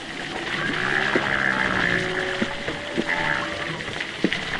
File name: zapsplat animals whales humpback underwater distant east australia august choppy water movement